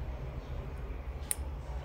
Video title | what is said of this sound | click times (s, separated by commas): one gram gold items start from 30/- dont miss this video😍.8501062058 | lock అవుతుంది మనకి ear ring అయితే రాదు మళ్ళీ | 1.3 s